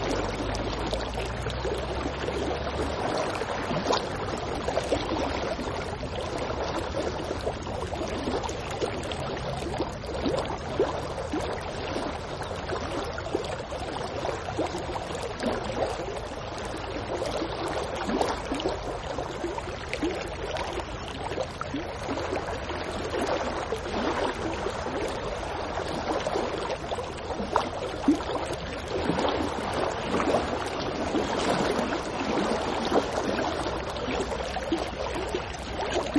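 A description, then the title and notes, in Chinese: River water rushes steadily, a dense, continuous churning roar that holds at the same level for the whole stretch. The sound sits full, strongest through the middle range with a bright hiss on top, and a low rumble underneath that is heavier in the first few seconds. 雅鲁藏布江的江水。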